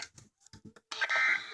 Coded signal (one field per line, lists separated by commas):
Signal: Emergency Alert System (SAME) tones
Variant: end-of-message bursts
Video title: EAS 174 and 175 - Severe Thunderstorm Warning Peoria IL